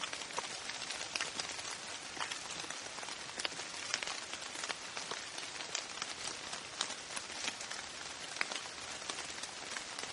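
A steady downpour hisses without letup, dense and bright, with countless fine drops crackling across the upper range. Sharper individual taps stand out every second or so, like drops striking a hard surface. The level stays even throughout, with little low rumble underneath.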